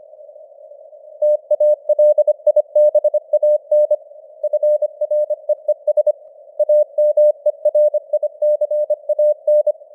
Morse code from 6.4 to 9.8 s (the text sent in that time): AMERICAN